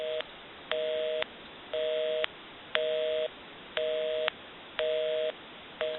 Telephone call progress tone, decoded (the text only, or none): busy tone